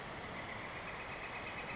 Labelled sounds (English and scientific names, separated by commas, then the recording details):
Northern Flicker (Colaptes auratus)
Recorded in Sonoma County, California